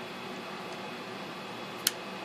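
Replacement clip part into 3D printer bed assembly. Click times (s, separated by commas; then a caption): 1.9 s. A new replacement printed clip is pushed into place on the bed of a Creality Ender 3 3D printer. Against a steady hiss, it snaps in with one short, sharp click at 1.9 s. It seats with a little wiggle, but less than the old loose part.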